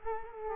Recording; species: mosquito wingbeat signal from an infrared sensor; Culex quinquefasciatus